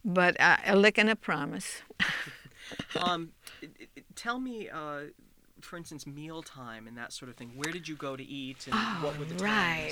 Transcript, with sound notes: But, "a lick and a promise." (they laughs)
Tell me, for instance, meal time and that sort of thing. Where did you go to eat and what were the times?